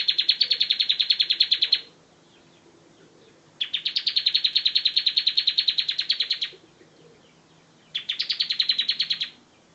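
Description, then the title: Bar-winged prinia song: rapid, even series of sharp high notes in bursts of one to three seconds, separated by short pauses. "Ciblek"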